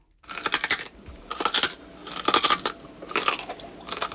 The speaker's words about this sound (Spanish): Así, sí, mastica, mastica, que ya has recuperado los dientes de la semana pasada. Sí, la dentadura postiza.